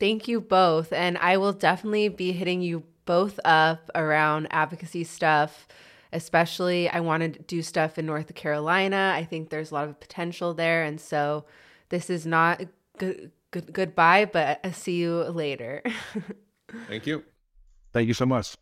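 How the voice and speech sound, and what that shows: An adult woman speaks in mostly fluent speech, with a brief sound repetition on "goodbye" and a short prolongation, typical of covert stuttering.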